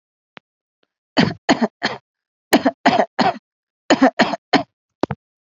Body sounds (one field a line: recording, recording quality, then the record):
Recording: shallow voluntary cough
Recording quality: excellent, no background noise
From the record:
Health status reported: healthy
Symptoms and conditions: cough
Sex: female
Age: 47 years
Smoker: not ticked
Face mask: not worn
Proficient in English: yes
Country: India